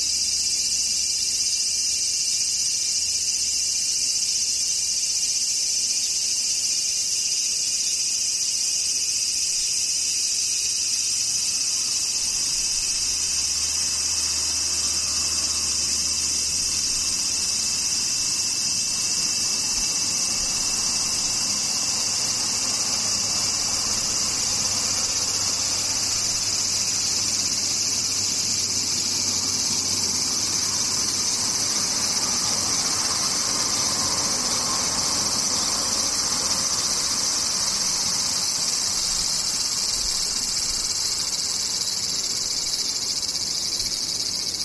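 Cicadas drone without a break, a dense, bright, shrill buzz that stays level for the whole stretch. Underneath, a low rumble comes and goes, like traffic or an engine passing, swelling in the middle and toward the end.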